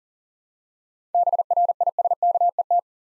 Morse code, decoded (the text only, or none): BRISKET